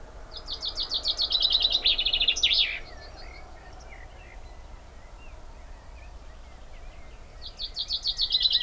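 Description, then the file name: Common chaffinch singing a rattling run of sharp notes that ends in a quick flourish, then starting the phrase again after a pause of several seconds. "Fringilla coelebs"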